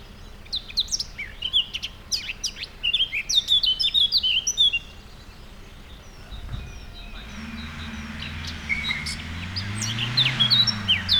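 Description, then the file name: Eurasian blackcap song: rapid, varied warbling phrases of chattery and whistled notes, pausing midway, then resuming over a low droning rumble in the second half. "Sylvia atricapilla"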